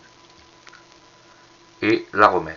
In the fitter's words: Et pour la défaire, réenfoncer, entendre le clic